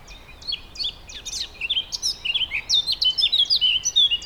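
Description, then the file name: Eurasian blackcap song: a lively, continuous warble of varied chirps and rich fluted whistles, fast and getting louder toward the end. "Sylvia atricapilla"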